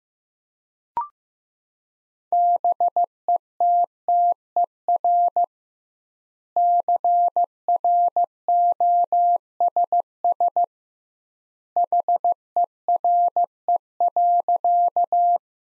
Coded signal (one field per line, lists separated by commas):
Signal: Morse code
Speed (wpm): 16 wpm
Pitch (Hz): 700 Hz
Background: none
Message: BETTER CROSS HERE.